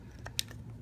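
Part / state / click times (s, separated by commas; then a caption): plastic cam in a selector switch body / released / 0.4 s. A plastic cam is pried out of the back of a 9001SKS industrial selector switch body with a screwdriver. A few faint clicks lead to a sharp, bright snap at 0.4 s as the cam pops free, followed by smaller ticks. The cam is released from the switch.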